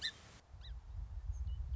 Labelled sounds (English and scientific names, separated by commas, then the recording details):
Song Sparrow (Melospiza melodia)
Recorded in Sonoma County, California